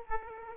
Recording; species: mosquito wingbeat signal from an infrared sensor; Aedes aegypti